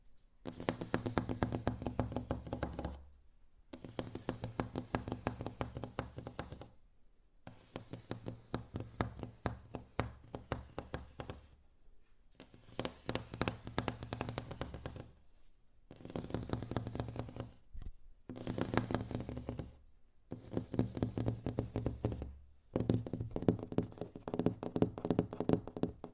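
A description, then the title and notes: Soft, quick fingertip tapping on various objects comes in bursts of a few seconds each, separated by brief silences around 3, 7, 12, 15, 18, 20 and 22 seconds. The taps are dense, with a low hollow body and light clicky tops. In this episode, listen to the sound of gentle finger tapping on different objects. Soft Finger Tapping.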